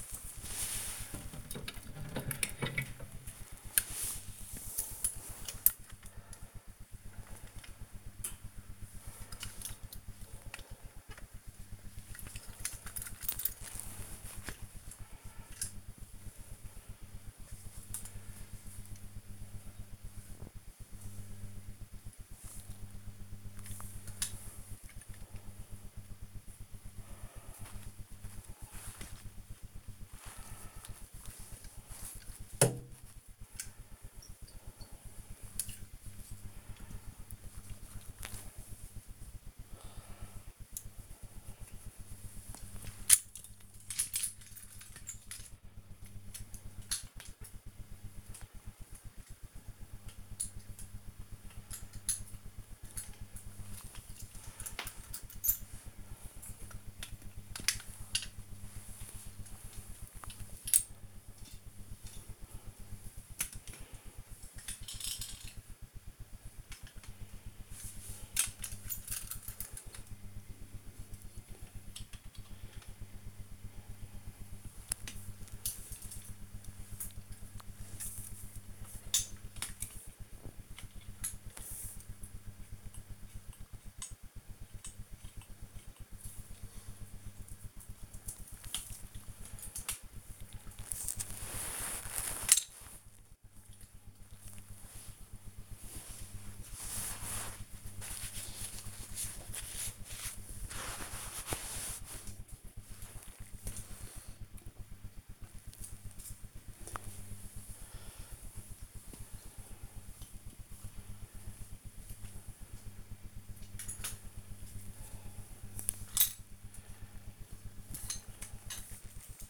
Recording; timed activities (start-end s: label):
household activities, microphone on the right wrist
0.00-95.87 s: dusting model cars
106.99-119.50 s: dusting model cars